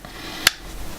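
A portable speaker is lined up with its adhesive wall mounting base and pushed on until it clicks into place. A single sharp, bright click at 0.5 s stands out over a low background, confirming the speaker is seated on its mount.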